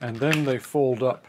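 A leather directional locking snap socket is being handled onto its stud on a holster belt loop, caught at its bottom edge under the stud and folded upward, while someone talks. The clip ends before the snap goes home, so nothing has seated or clicked yet.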